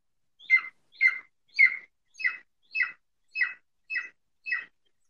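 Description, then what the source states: Golden eagle call: eight short, high yelping notes given about twice a second. Real call of the golden eagle, less impressive than the long ethereal screech used in media.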